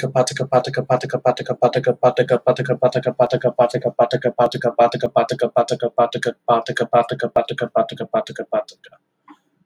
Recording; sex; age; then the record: repeated syllables /pa ta ka/; male; 20 to 29 years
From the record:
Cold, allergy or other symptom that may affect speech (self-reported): no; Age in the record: 21 years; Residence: Indiana, United States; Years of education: 14